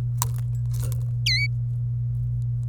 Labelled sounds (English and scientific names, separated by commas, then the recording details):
Domestic Canary (Serinus canaria) song
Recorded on 27 April 2018 at 10:13
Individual llb3